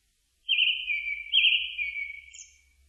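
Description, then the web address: Japanese thrush song: a fluty whistled phrase of two strong notes and a trailing end, a brief thin high note, and faint low rumble underneath. Recorded on 4 May 2001. "2001 010504 kurotugumi"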